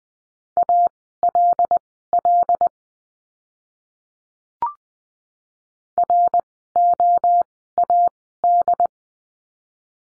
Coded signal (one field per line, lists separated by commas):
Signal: Morse code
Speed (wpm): 20 wpm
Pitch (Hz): 700 Hz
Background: none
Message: ALL ROAD